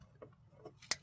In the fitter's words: Push it down till you hear it lock in.